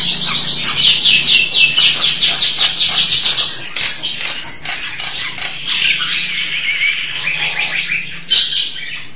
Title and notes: Jalak Nias. Kicau Burung Jalak